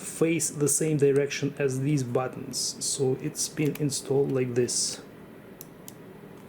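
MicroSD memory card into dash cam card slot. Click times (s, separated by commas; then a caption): 5.6 s, 5.9 s. Someone talks for the first five seconds while a microSD memory card, its contacts facing the same direction as the buttons, is pushed into the card slot of a Thinkware Q800Pro 2K dash cam. Two short, sharp clicks follow in the quiet at 5.6 s and 5.9 s as the card latches and seats in the slot.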